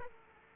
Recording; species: mosquito wingbeat signal from an infrared sensor; Aedes aegypti